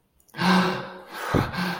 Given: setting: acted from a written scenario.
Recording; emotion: vocal sound without words; distress